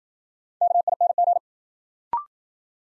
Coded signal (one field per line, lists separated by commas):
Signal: Morse code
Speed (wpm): 54 wpm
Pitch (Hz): 700 Hz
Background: none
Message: KING